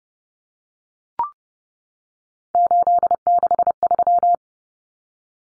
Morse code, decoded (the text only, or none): 863